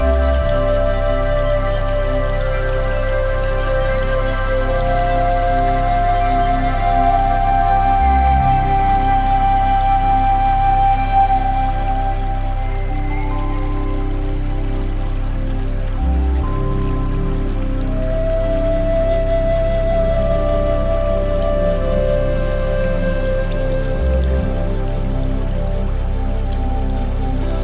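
Slow meditation music of held, shifting tones over a steady low drone that changes about every eight seconds, with soft rain-like patter throughout.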